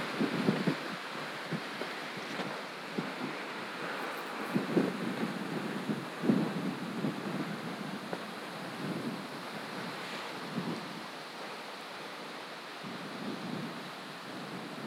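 Michigan beach sounds: a steady wash of surf and wind rumble, with brief louder gusts or splashes near five, six and eleven seconds.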